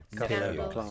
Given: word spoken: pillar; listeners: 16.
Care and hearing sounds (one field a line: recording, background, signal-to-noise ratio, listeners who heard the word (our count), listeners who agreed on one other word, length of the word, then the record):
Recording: one English word in noise, from a listening test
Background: four-talker babble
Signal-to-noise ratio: -2.7 dB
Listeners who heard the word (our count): 0 of 16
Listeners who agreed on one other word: 7 of 16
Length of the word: 0.51 s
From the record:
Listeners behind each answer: 7, 2, 1, 1, 1, 1, 1, 1, 1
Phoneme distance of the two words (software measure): 17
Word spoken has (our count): 2 syllables, 5 phonemes, stress on syllable 1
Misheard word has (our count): 2 syllables, 4 phonemes, stress on syllable 1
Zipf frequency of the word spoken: 3.54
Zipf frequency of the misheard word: 3.73